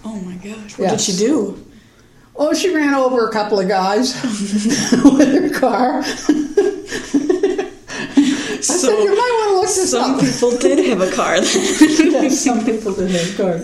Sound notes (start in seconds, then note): 4.2 laugh; 12.1 laugh